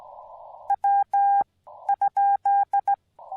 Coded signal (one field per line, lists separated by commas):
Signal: Morse code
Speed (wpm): 17 wpm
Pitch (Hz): 810 Hz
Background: none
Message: W ?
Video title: Angels Landing Activation: Morse Code Radio Ops With Minimal Edits